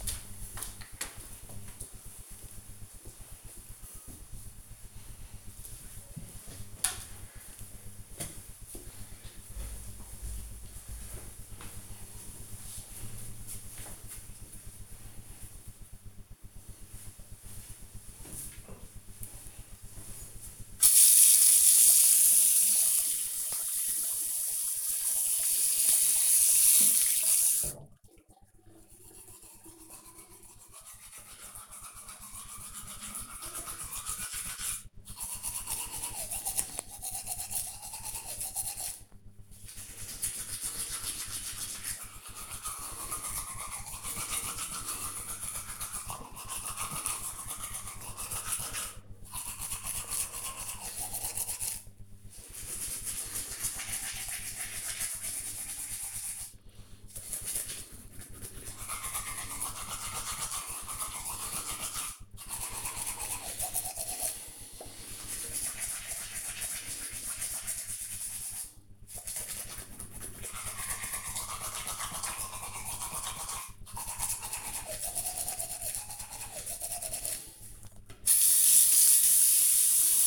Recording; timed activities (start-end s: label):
household activities, microphone on the right wrist
17.00-80.26 s: brushing teeth